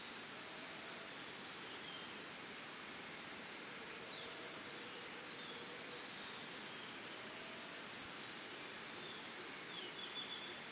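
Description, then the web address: Crickets give an unbroken high trill over a soft natural hiss. Early morning, Costa Rica, forest and jungle setting. "Big Room Sound Birds Crickets Costa Rica Early Morning 4"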